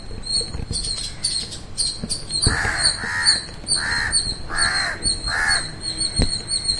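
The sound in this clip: Bird calls: five loud, rasping caws evenly spaced after a quieter start of high chirps and faint clicks.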